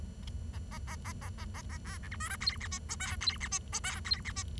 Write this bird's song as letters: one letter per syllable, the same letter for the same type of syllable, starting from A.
A A A A A A A A B C D E F G H I J K G H I J K G H I